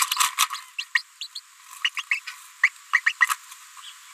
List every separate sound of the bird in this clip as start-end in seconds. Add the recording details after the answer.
0.13-0.18, 0.52-0.60, 0.95-1.02, 1.21-1.27, 1.35-1.40, 1.84-1.89, 1.97-2.03, 2.11-2.19, 2.63-2.69, 2.94-3.00, 3.06-3.12, 3.22-3.26. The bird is a female. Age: 30 days. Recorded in a nest box in Venezuela. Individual 17B73B2